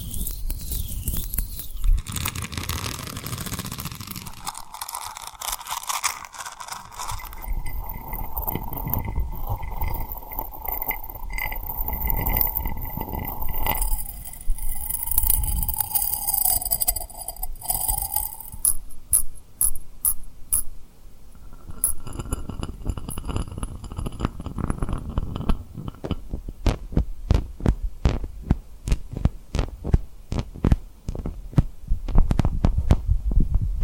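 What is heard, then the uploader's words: Rubbing and tapping on a rhinestone surface, soft swishing early giving way to sharp glittery clicks that grow rapid and dense near the end. ASMR Tapping & Rubbing Rhinestone Lip Triggers for Sleep (No Talking).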